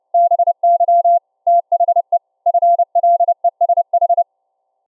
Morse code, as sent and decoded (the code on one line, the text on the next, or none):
-... -.-- / - .... . / ..-. .-.. . ... ....
BY THE FLESH